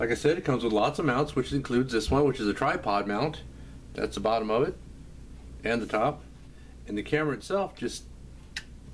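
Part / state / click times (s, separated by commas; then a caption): action camera into plastic tripod mount frame / seated / 8.6 s. An SJ4000 action camera is pressed into its plastic tripod mount housing while someone talks. A short, sharp click at 8.6 s marks the camera snapping in, and it holds securely with virtually no play.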